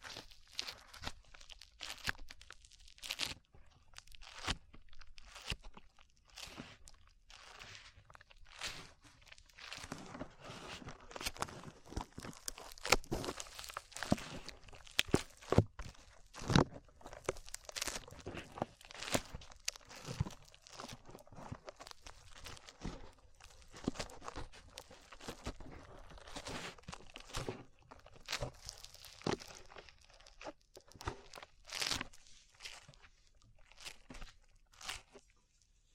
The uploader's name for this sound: ASMR SLIME IN YOUR EARS